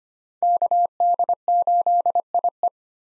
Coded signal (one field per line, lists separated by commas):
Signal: Morse code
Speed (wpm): 25 wpm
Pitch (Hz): 700 Hz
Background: none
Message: KD8IE